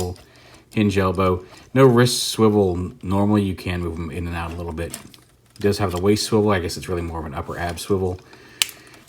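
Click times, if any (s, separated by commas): 8.6 s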